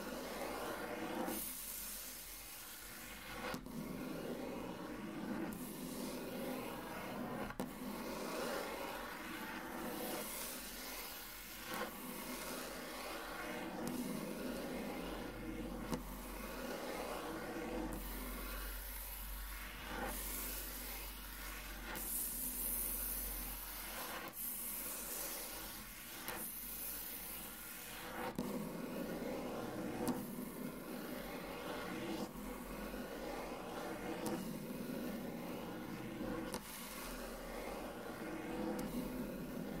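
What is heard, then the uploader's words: Fingers trace firmly across a wooden table in a steady, dense rubbing sound, broken by brief pauses every couple of seconds as strokes restart. Intense Table Tracing (No Talking).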